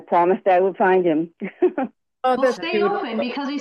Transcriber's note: laughs